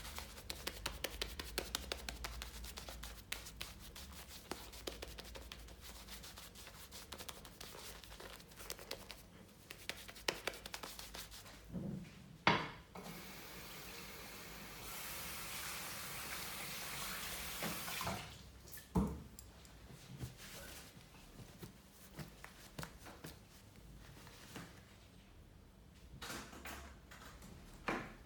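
A barber session of shaving and washing: dense, irregular rubbing, scraping and hand sounds fill the first twelve seconds. Around 13 to 18 seconds a steady hiss of running water takes over, then busy rubbing and handling resumes with occasional sharp knocks.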